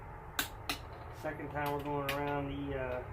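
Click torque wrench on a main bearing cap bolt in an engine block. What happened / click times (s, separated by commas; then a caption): Torque wrench clicks at setting / 0.4 s, 0.7 s. A click-type torque wrench is pulled on a steel main bearing cap bolt in a 2.0/2.4L 420A engine block during a crankshaft install, tightening until it clicks at the 55 setting. Two sharp clicks are heard at 0.4 s and 0.7 s, then someone talks. The bolt reaches its torque setting.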